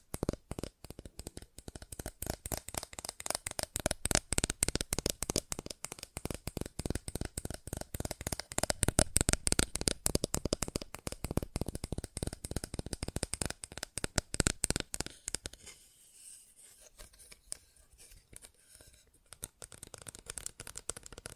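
Fast, dense tapping in rapid crisp bursts through about fifteen seconds, then sparser, softer taps with brief gaps until the end.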